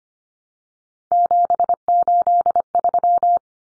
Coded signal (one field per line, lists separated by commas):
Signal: Morse code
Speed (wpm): 25 wpm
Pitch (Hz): 700 Hz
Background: none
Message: 783